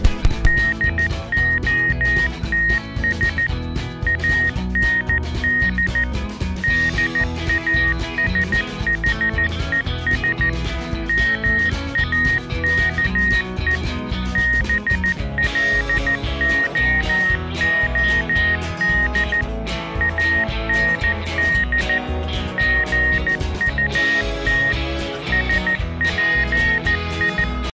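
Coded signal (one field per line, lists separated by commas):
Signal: Morse code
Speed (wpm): 14 wpm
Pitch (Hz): 1850 Hz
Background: music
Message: DOTS AND DASHES MAKE BLOOD AND GUT SPI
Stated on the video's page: Morse code puzzle in the game Keep Talking and Nobody Explodes.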